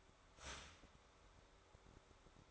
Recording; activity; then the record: daily activity, microphone in the room; start toaster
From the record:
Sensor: 3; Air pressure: 1014.7 hPa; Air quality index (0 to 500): 194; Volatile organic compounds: 23 ppm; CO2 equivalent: 2776 ppm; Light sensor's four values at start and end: 4/11/4/4 and 4/11/4/4